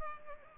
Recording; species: mosquito wingbeat signal from an infrared sensor; Culex pipiens